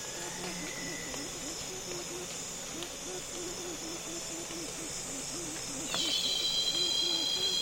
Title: Congo Basin Rainforest - Afternoon - Loud Cicadas